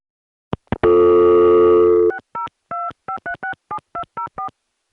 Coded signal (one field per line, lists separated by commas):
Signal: DTMF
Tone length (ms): 110 ms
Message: 6025367204